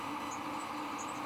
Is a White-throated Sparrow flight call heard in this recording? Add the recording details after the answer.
no. No flight call is heard. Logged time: 10:42 on 23 September 2014